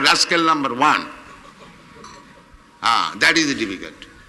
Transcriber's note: light laughter from audience